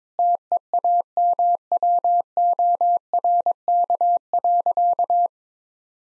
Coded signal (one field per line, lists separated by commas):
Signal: Morse code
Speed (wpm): 22 wpm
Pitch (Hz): 700 Hz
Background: none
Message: TEAMWORK.